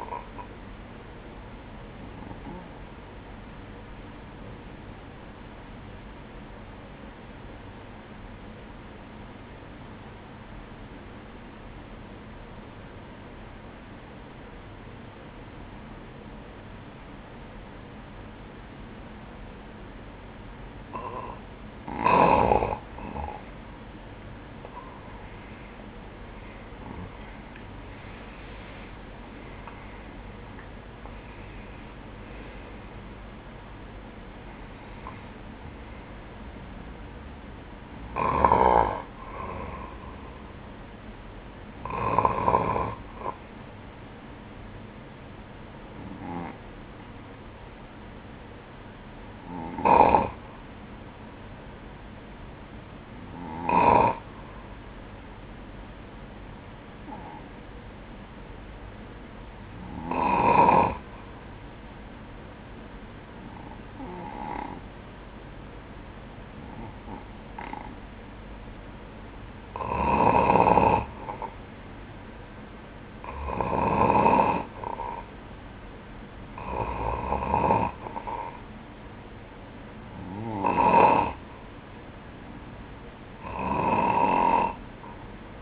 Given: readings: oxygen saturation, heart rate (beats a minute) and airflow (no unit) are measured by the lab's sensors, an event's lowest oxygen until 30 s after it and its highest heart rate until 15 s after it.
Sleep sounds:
breathing in sleep by a voice recorder at the bedside; 2
4.00-23.60 s: obstructive apnea (N2, oxygen 97% highest, then 93% lowest, heart rate 65 at the start, 76 highest)
29.00-59.00 s: new sleep stage, N1 (lightest sleep)
46.00-70.50 s: hypopnea (N1, oxygen 97% highest, then 94% lowest, heart rate 59 at the start, 65 highest)
59.00-85.62 s: new sleep stage, N2 (light sleep)
From the record:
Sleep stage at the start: N2 (light sleep); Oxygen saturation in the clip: 93 to 97%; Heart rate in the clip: 58 to 76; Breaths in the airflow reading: 18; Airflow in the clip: -14.0 to 11.7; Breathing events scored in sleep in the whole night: 180 in 6.7 hours asleep

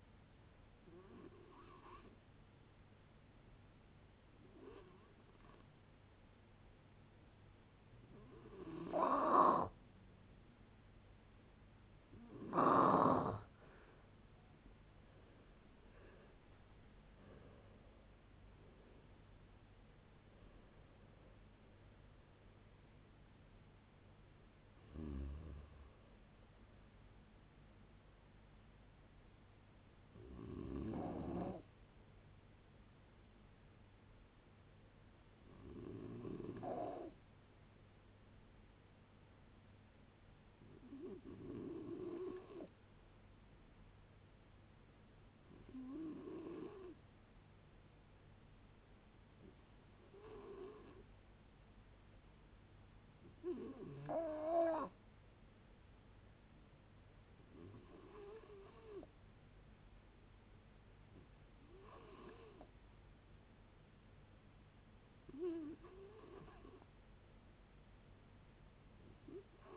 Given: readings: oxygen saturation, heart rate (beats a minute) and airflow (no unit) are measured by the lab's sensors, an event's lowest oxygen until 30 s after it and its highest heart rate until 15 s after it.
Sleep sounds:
a person awake in a sleep study, by a voice recorder at the bedside; none
0.00-69.77 s: awake
0.00-69.77 s: awake
From the record:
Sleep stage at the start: awake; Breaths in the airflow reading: 30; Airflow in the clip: -0.6 to 0.8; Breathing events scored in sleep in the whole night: 496 in 5.4 hours asleep

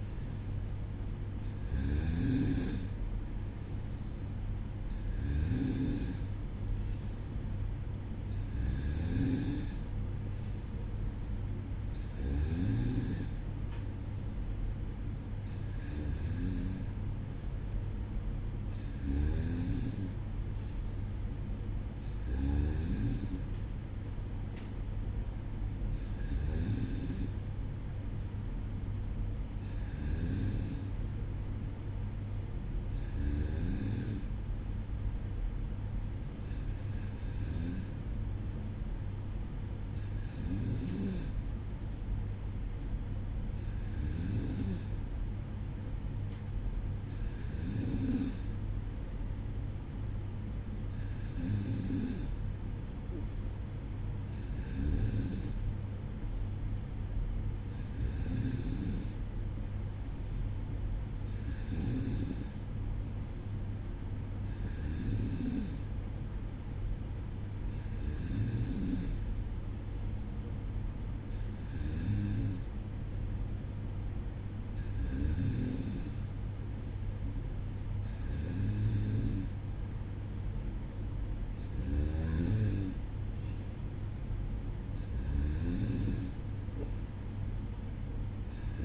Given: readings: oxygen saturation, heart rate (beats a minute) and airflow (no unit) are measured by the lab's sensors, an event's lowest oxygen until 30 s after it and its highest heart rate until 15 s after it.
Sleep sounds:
breathing in sleep by a smartphone at the bedside; none
none scored
From the record:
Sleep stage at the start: N2 (light sleep); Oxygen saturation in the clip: 93 to 94%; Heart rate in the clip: 57 to 61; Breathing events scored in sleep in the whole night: 305 in 9.6 hours asleep

